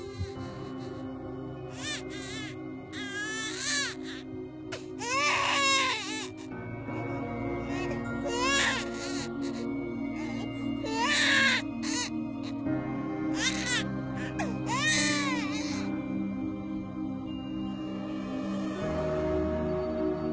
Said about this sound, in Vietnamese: Khi bà ấy dừng ru thì điều đáng sợ hơn nữa xảy ra, đó là miệng bà ấy ngoác ra, con mắt bà ấy trợn trừng và bà ấy khóc. Tiếng khóc của đứa trẻ con sơ sinh.